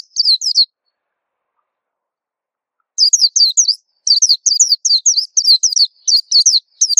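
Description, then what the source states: White-eye song: a short burst of high twittering notes, a two-second silence, then a long, lively stream of sweet, rapid down-slurred chirps. Song described as melodious and long.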